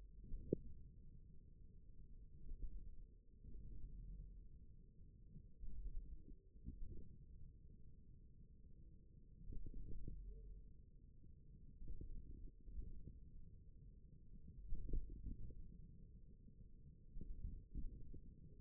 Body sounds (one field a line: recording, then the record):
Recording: forearm muscle sounds (acoustic myography)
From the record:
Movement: wrist flexion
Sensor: system 1, eight BSWA MPA416 microphones around the upper forearm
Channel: 4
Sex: male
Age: 41 years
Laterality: right